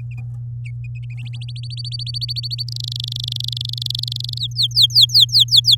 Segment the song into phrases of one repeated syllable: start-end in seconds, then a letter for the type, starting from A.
1.33-2.64 A, 2.68-4.38 B, 4.40-5.75 C